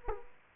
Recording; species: mosquito wingbeat signal from an infrared sensor; Aedes aegypti